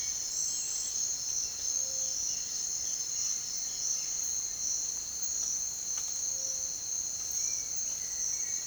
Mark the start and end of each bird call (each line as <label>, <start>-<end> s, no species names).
bird call, 0.00-4.62 s
bird call, 6.08-6.78 s
bird call, 7.32-8.67 s